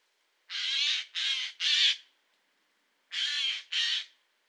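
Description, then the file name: Eurasian jay producing harsh, grating screeches, a quick run of three followed after a pause by two more, loud and noisy. "Garrulus glandarius"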